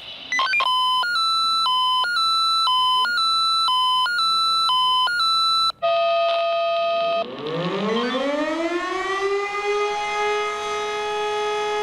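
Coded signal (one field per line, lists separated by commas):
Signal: siren signal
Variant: E57 motor siren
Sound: alternating two-pitch pager beeps, then a motor siren winding up to steady wail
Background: pager alert tones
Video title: [E57 SIRENENPROBE] FUNKMELDEEMPFÄNGER QUATTRO 98 PROBEALARM FEUERWEHR ANDERNACH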